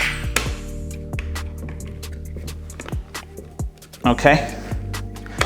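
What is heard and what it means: A fitting is clicked onto the top of a mini beer keg, with a sharp click at 0.4 s and a steady hum and background music throughout. Someone talks, and a few softer clicks and handling noises follow, with a loud knock at the very end. The fitting is seated and clicked in.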